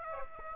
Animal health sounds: mosquito wingbeat signal from an infrared sensor; Aedes aegypti

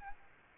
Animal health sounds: mosquito wingbeat signal from an infrared sensor; Aedes albopictus

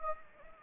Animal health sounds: mosquito wingbeat signal from an infrared sensor; Anopheles gambiae

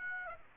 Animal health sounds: mosquito wingbeat signal from an infrared sensor; Aedes aegypti

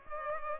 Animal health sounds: mosquito wingbeat signal from an infrared sensor; Culex pipiens

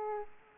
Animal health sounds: mosquito wingbeat signal from an infrared sensor; Aedes aegypti

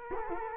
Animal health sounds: mosquito wingbeat signal from an infrared sensor; Culex quinquefasciatus

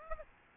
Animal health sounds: mosquito wingbeat signal from an infrared sensor; Aedes aegypti

